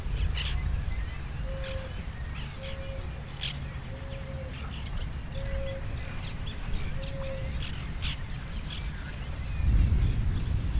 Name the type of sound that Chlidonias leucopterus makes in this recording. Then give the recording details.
call. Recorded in the wild. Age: adult. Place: Zarnekow, Peenetal, Mecklenburg-Vorpommern, DE. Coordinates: 53.8756, 12.8906. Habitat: wetland. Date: 2010-06-08 21:36. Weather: fair, 20°C, weak easterly winds. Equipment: Sound Devices 702, Sennheiser MKH 70, Rycote Windschutz. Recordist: Frommolt, Karl-Heinz